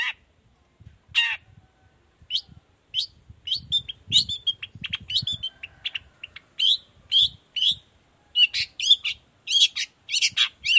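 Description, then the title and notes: Long-tailed shrike song mixing harsh raspy notes with rapid clipped chirps and twitters, in spaced phrases that grow denser toward the end. Singing actively in the morning with varied 'toet toet' notes; recording used as a lure so other shrikes of any kind reply quickly and open their beaks. "Cendet Gacor Dor Di Kala Pagi Toet Toet Variasi Suara. Cendet Gacor Efektif Pancingan Buat Cendet Jenis Apapun Agar Cepat Nyaut Buka Paruh. Burung cendet"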